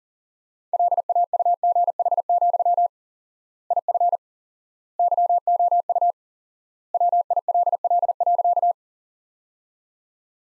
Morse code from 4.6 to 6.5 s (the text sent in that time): YOU